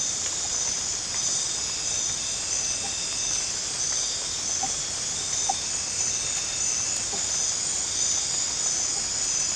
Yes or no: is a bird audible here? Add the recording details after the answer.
no. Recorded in pastures near Puerto Asís, Putumayo, Colombia, on 22 December 2024 at 19:30. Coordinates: 0.466, -76.322. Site G040